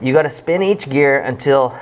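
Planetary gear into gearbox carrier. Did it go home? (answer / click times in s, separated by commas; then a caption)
no / none. A planetary gear from an Arctic Cat snowmobile Diamond Drive gearset is handled for fitting into the gearbox carrier, with each gear spun until its teeth line up. Only someone talking is heard over the handling. Nothing has seated or clicked into mesh yet.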